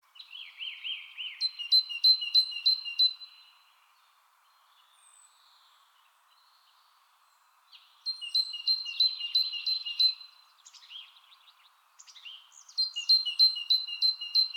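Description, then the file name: Great tit calls in three bursts of rapid, high, repeated notes, the first and last near the start and end, separated by quiet pauses over a faint hum. "Parus major"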